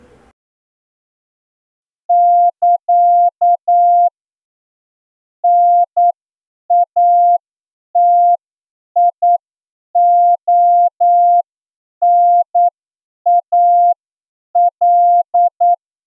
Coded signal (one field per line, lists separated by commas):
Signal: Morse code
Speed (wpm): 9 wpm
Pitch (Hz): 700 Hz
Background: none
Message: <KA> NATIONAL